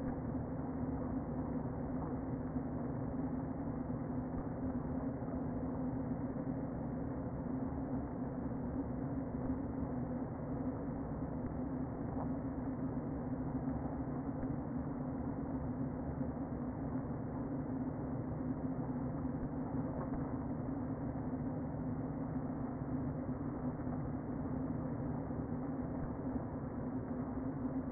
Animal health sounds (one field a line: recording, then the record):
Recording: honeybee colony, microphone inside the hive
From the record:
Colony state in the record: queen present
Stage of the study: before two queens were removed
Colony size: about 60,000 bees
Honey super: yes